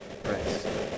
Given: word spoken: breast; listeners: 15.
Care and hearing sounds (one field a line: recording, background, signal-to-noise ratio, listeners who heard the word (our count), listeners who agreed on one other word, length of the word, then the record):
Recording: one English word in noise, from a listening test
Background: noise modulated by three-talker babble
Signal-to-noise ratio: -4.2 dB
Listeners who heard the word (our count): 1 of 15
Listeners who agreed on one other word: 10 of 15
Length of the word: 0.58 s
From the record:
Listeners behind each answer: 10, 2, 1, 1, 1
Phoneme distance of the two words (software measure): 17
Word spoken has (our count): 1 syllable, 5 phonemes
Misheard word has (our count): 1 syllable, 4 phonemes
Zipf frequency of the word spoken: 4.19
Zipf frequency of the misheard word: 4.89